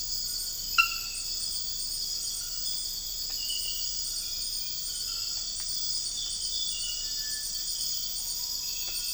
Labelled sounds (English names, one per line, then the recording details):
Cinereous Tinamou
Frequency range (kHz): Cinereous Tinamou 1.3-2.2 kHz
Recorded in dense forest near Puerto Asís, Putumayo, Colombia, on 13 March 2025 at 01:30
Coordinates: 0.484, -76.325
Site G045